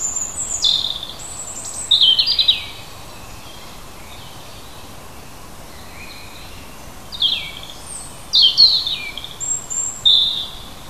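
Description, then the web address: Bird song in two bursts of high twittering, chirpy phrases separated by several seconds of quiet hiss, the notes rapid and varied. Native hedge birds recorded in June, from school biology teaching material on hedge ecology. "oeko hecke vogel juni vogel j 6 3 heimisch"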